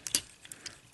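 A plastic wheel panel on a transforming robot toy is folded out on the other side of the figure, clicking into position at 0.1 and 0.2 seconds, and it is seated. Fainter ticks and clicks follow as the plastic parts are handled.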